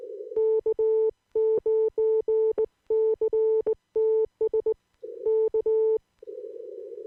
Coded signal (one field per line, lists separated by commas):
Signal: Morse code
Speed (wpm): 19 wpm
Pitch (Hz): 440 Hz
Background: none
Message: K9CTS K